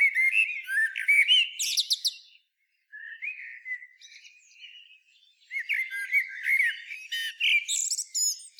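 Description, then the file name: Common blackbird song: whistled warbling mixed with sharp, high chattering flourishes, in phrases separated by brief pauses. "Turdus merula"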